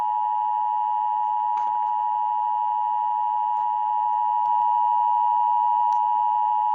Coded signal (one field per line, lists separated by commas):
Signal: Emergency Alert System (SAME) tones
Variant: 853 and 960 Hz attention tone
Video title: EAS 779 SMW NWS Newport